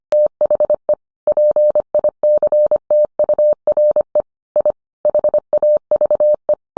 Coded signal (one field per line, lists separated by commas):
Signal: Morse code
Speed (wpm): 25 wpm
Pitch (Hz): 600 Hz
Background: none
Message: THE PICTURE I HAVE